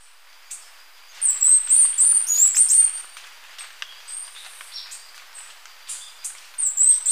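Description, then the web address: Chestnut-capped Brush Finch giving a run of very high, thin slurred whistles, then quieter faint notes, with a last high burst near the end. Recorded in Ecuador, South America. "Natures Songs S America Birds of Ecuador Chestnut-capped Brush-Finch"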